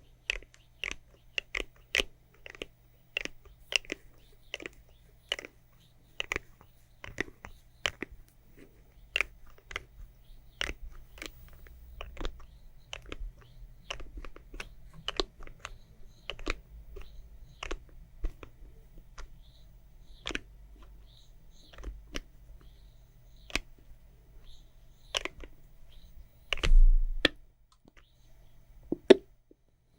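ASMR tapping on makeup items: sharp, crisp taps in quick irregular bursts, thinning out later, over a faint low hum.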